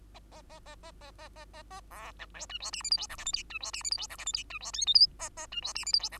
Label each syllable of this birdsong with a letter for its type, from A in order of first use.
A A A A A A A A A A B C D E F G H I J K L M N E F G H I J K L M N E F O P Q A A E F G H I J K